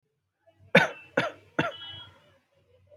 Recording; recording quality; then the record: shallow voluntary cough; excellent, no background noise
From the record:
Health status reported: healthy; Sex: male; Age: 25 years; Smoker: yes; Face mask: not worn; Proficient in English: yes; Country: India